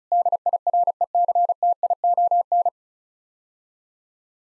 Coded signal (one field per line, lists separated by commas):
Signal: Morse code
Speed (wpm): 36 wpm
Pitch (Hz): 700 Hz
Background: none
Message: DIRECTION